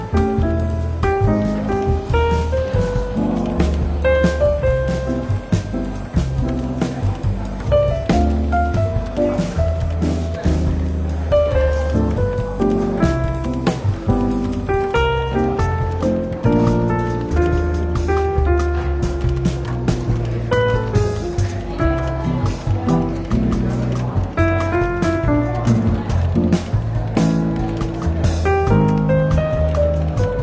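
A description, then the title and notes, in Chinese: Soft, relaxed jazz plays steadily in a bookshop café, with a walking bass line low down and melodic notes shifting above it. The level stays even throughout, with frequent light clicks and taps and a faint murmur of talk mixed under the music. 伦敦书店咖啡馆轻微喧闹氛围与柔和轻松的爵士背景音乐。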